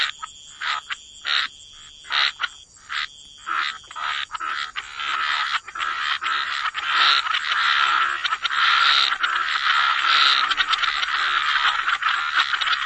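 Frog chorus: separate rattling bursts at first, building into a continuous, dense, grating trill, with a steady high tone underneath.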